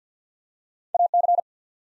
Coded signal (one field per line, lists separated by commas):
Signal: Morse code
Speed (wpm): 50 wpm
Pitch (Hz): 700 Hz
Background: none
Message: AC